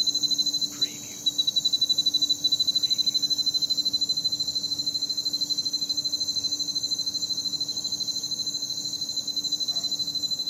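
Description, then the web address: Crickets keep up a continuous high, pulsing trill in rapid beats, with a faint low hum underneath. Night ambience. "the sound pack tree. night ambience with crickets"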